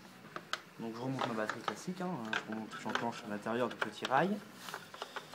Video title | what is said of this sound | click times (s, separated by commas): Présentation du vélo Di2 chez FRANSCOOP.com | j'entends le petit clic je referme | 5.0 s